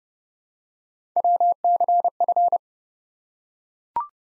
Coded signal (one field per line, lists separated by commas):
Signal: Morse code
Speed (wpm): 30 wpm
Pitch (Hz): 700 Hz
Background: none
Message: WCF